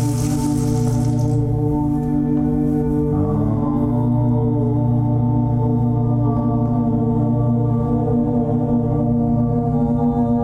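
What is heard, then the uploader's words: A tambura drone sounds throughout, a dense, steady stack of ringing tones at an even level. A bright rain stick rattle fills the first second or so, then fades out. Around three seconds the drone's pitches bend and shift before settling again. Rain stick, drum, tambura and other light percussion.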